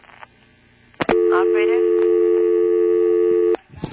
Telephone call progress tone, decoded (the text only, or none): dial tone